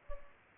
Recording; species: mosquito wingbeat signal from an infrared sensor; Culex pipiens